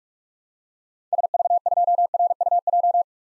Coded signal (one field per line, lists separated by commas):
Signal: Morse code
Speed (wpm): 46 wpm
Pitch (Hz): 700 Hz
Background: none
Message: SV2RUJ